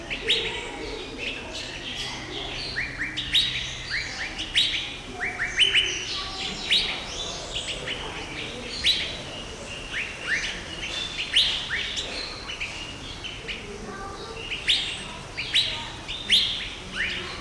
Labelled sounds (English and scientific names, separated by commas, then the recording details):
Asian Fairy-bluebird (Irena puella)
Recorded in captivity
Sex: male
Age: adult
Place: Zoo Berlin, Berlin, DE
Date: 1994-09-10 10:50
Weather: bedeckt, 15°C, z.T. Regen
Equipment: Marantz CP 430, Sennheiser ME 80, Kopie Uher Variocord 263
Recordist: Tembrock, Günter